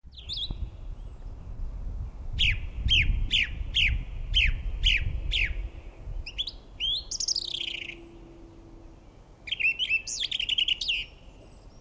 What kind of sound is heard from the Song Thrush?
song